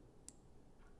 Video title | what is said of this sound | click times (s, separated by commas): From Box to Bumper: Elite Fog Lamps Install Guide for your Marauder! | the hook on the side of the connector and you'll hear a nice little click | 0.3 s